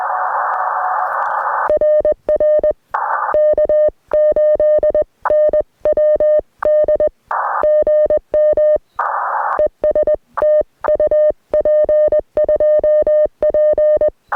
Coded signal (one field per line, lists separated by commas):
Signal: Morse code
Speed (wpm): 20 wpm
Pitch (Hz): 590 Hz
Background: music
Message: RR K8NWD GM ES TU P2P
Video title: Camping, Coffee, and a K2: Morning QRP POTA activation at Lake Norman State Park!